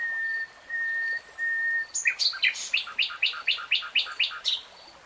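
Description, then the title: Nightingale song: a long pure whistled note held then repeated, followed by a fast series of many loud, evenly spaced chopped notes. Recorded in real time. "[Tiếng chim hót] Nightingale Singing"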